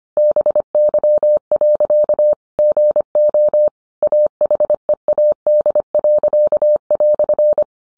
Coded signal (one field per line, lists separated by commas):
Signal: Morse code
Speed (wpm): 25 wpm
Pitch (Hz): 600 Hz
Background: none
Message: BY. GO AHEAD."